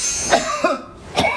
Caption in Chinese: 出寒痰的时候咳的声音往往是比较清亮比较短促的。